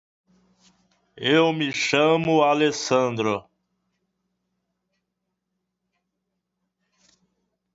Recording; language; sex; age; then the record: spoken sentence; Brazilian Portuguese; male; 30 to 39 years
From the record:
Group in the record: control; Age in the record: 37 years